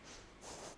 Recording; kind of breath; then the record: one breath in and out by a microphone near the nose and mouth; strong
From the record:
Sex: female